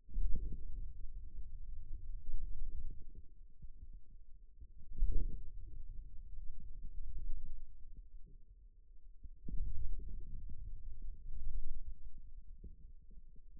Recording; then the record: forearm muscle sounds (acoustic myography)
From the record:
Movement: wrist extension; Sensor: system 2, bracelet of six BSWA MPA416 microphones around the upper forearm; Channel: 5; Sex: male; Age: 22 years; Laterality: right